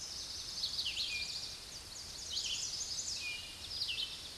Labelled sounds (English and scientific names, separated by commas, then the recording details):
Red-eyed Vireo (Vireo olivaceus) song
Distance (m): 30 m
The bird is about 15 m above the microphone
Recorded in a Pennsylvania forest on 16 May 2024 at 06:39
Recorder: AudioMoth, point MSD-2208
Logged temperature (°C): 15.2 °C
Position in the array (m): 164 m, 72 m